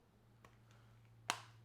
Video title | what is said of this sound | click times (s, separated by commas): DON'T MISS THIS Frosted Case! - Spigen Ultra Hybrid Black Frosted for iPhone 15 Pro Max | nice click on there | 1.3 s